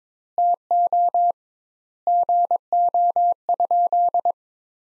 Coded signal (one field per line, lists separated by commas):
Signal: Morse code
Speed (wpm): 22 wpm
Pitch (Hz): 700 Hz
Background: none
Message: TO GO?